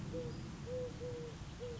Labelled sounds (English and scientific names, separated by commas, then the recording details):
Eurasian Collared Dove (Streptopelia decaocto)
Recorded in Sonoma County, California